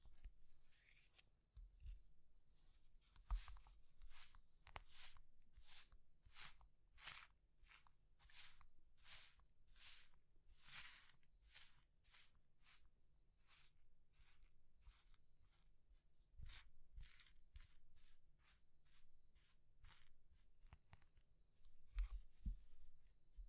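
Crushing of soft, crumbly material like soap, chalk or meringue, heard as a fast, regular series of bright crunches, about two per second, for nearly the whole clip. Occasional low thumps land beneath them, with a few louder knocks near 16 and 22 seconds.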